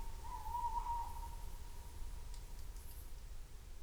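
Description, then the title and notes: Tawny owl giving one steady, slightly wavering note. Female calling at night on the Rhône banks, Surjoux-Lhopital, France; recorded with Lom Usi Pro stereo AB microphones and a Zoom F8. "Surjoux-Lhopital, France. cris de héron et de chouette hulotte femelle"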